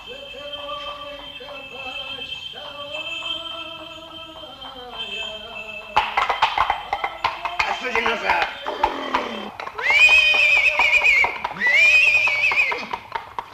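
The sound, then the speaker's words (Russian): A horse pulling a cabriolet carriage clip-clops at a steady trot as it arrives, then gives two loud, high, quavering neighs near the end, with a sustained tonal hum running beneath the hoofbeats. “Пожалуйста, пожалуйста, прокачу на лезвых. Кабриолет графа Монте-Кристо к вашим услугам, капитан.”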